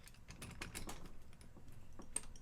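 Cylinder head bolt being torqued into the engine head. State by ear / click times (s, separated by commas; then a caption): torque reached / 2.2 s. A click-type torque wrench tightens a steel cylinder head bolt into the engine head of a pit bike to 16 foot-pounds. The ratchet ticks several times, then one sharp click comes at 2.2 s as the wrench reaches its setting, confirming the bolt is torqued.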